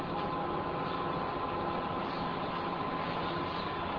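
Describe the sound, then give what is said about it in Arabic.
A steady, continuous rumbling drone like a distant train, broad and unchanging for the whole four seconds, moderately loud with no voices over it. “صوت قطار هذا ولا لا أدري أشبه بصوت القطار لكن القطار بعيد.”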